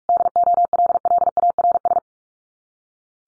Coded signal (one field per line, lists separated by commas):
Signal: Morse code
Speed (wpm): 44 wpm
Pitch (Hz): 700 Hz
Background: none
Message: DOLLARS